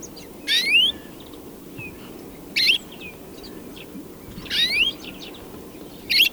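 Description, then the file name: European greenfinch calls: rising, whistled upsweeps with a buzzy edge, given about every two seconds, four calls in total, over a low steady background hiss. "Chloris chloris"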